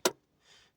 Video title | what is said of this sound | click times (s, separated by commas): Toyota Corolla Automatic Yaris ATIV - Corolla Yaris automatic Car Gear system - Adeel Bhatti DrivgPT | यह button के साथ lock हो गया | 0.1 s